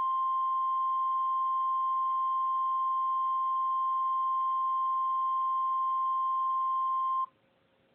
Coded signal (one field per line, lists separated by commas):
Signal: Emergency Alert System (SAME) tones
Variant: 1050 Hz attention tone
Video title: EAS Scenario- Supervillain Catastrophe Part 3: Animal Fight of Doom